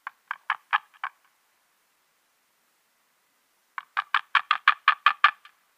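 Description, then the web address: White-tailed eagle call: a few clipped yelps, a pause of over two seconds, then a longer series of barking notes. "Schulze Peter White-tailed Eagle"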